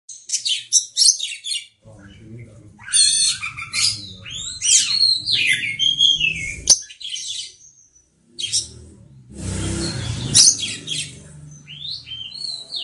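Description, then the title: Oriental magpie-robin song of varied whistled and chattering phrases in separate bursts, with one short loud rustling noise near the end and low hum beneath. "Kacer"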